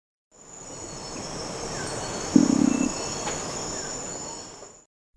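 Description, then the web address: Long-wattled umbrellabird, one short low hollow boom about half a second long, set against constant high insect trilling and background hum. Ecuador. "Natures Songs S America Birds of Ecuador Long-wattled Umbrellabird"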